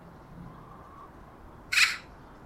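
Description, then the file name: Eurasian magpie giving a single harsh, rasping chack note lasting about a quarter second, rising out of a quiet background with faint low hum. "Pica pica"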